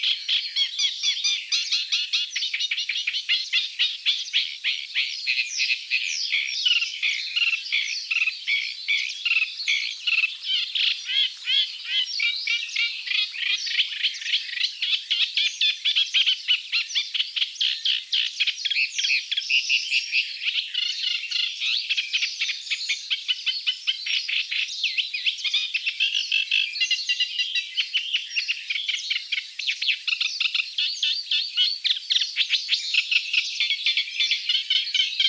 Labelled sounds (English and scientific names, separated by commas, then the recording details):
Eurasian Reed Warbler (Acrocephalus scirpaceus) song
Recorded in the wild
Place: Ahlenmoor / Cuxhaven, Schleswig-Holstein, DE
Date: 1984-06-05
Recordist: Schwarz, Dieter